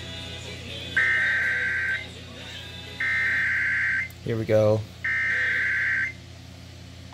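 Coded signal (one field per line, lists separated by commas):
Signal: Emergency Alert System (SAME) tones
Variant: header bursts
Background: speech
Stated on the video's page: Required Monthly Test received on an FM broadcast station.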